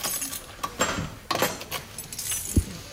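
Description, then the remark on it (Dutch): A prison cell door at the PI Zwolle penitentiary in the Netherlands being shut and locked: metallic jangling and sharp clinks of keys and bolts, ending in a single heavy, low clunk. No one speaks. “En dan moet nu de deur weer dicht.”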